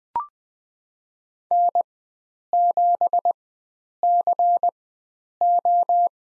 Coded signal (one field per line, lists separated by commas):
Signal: Morse code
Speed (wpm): 20 wpm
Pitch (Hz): 700 Hz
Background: none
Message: N7CO